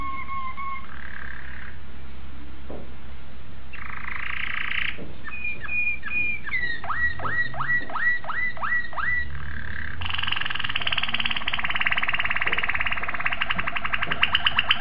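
Domestic canary singing in short tours: paired whistles, quick slurred chirps, then a dense buzzy trill, over constant low rumbling background noise.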